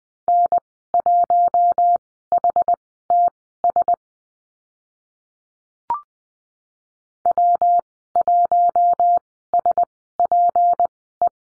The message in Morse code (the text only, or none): N1HTS W1SPE